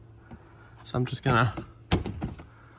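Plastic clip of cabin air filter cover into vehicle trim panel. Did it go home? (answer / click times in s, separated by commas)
yes / 1.9 s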